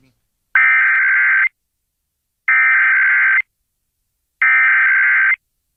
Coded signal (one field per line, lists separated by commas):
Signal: Emergency Alert System (SAME) tones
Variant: header bursts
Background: speech